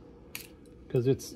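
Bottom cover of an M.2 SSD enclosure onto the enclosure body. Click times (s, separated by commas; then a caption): 0.3 s. The aluminum bottom cover of an SSK M.2-to-USB SSD enclosure is pressed onto the enclosure body, after the M.2 SSD has been secured with a small brass nut. A sharp metallic click at 0.4 s shows the cover locking in by itself, followed by a faint tick, then someone talks near the end.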